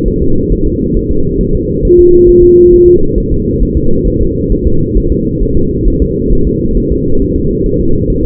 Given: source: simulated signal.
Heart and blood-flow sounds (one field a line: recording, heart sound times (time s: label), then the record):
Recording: fetal heart sounds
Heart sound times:
0.08 s: S1
0.22 s: S2
0.52 s: S1
0.67 s: S2
0.97 s: S1
1.11 s: S2
1.41 s: S1
1.55 s: S2
1.85 s: S1
1.99 s: S2
2.29 s: S1
2.44 s: S2
2.73 s: S1
2.88 s: S2
3.18 s: S1
3.32 s: S2
3.62 s: S1
3.77 s: S2
4.07 s: S1
4.22 s: S2
4.52 s: S1
4.67 s: S2
4.97 s: S1
5.12 s: S2
5.43 s: S1
5.57 s: S2
5.88 s: S1
6.02 s: S2
6.33 s: S1
6.47 s: S2
6.77 s: S1
6.92 s: S2
7.22 s: S1
7.36 s: S2
7.66 s: S1
7.81 s: S2
8.10 s: S1
8.24 s: S2
From the record:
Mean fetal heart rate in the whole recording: 135 bpm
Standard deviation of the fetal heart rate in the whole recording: 3 bpm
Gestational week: 36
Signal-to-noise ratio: -17.7 dB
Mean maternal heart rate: 72 bpm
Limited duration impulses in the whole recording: present